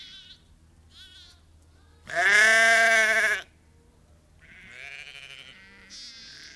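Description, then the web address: Sheep: lamb bleating: one long, loud, wavering bleat in the middle, with softer higher calls before and after it. Lamb bleating on its own, loud bleats. "BBC lamb-bleats-on-own-loud-bleats-cows-and-birds-heard-occassionally-in-background"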